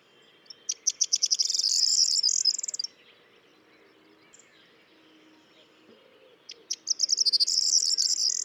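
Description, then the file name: Corn bunting song: two jangling phrases, each opening with a few spaced ticks that speed up into a dry, glassy rattle, separated by a few seconds of quiet. "Bruant proyer Emberiza calandra"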